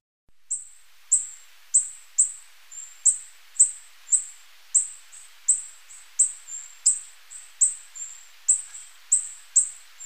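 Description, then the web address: Tawny-bellied hermit uttering a long, even series of thin, very high chips over near silence. Ecuador. "Birds of Ecuador. Tawny-bellied Hermit"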